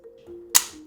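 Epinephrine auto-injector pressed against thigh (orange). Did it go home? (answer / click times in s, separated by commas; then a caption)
yes / 0.6 s. A demonstration epinephrine auto-injector is swung into the side of an orange standing in for a thigh and held there until it fires with a sharp click at 0.6 s. The bright, broadband snap rises well above a faint steady tonal hum, showing that the pen has clicked and fired.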